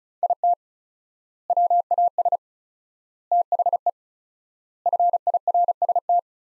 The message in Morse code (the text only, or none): IT WAS THE FIRST